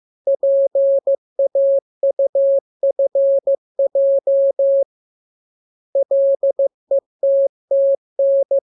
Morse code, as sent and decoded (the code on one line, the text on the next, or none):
.--. .- ..- ..-. .--- / .-.. . - - -.
PAUFJ LETTN